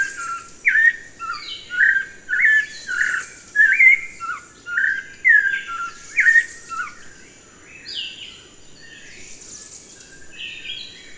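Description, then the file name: Thrush singing a fast series of varied whistled and chuckling phrases, busy for the first seven seconds, then fainter, sparser notes, over a thin steady high-pitched hiss. "grive"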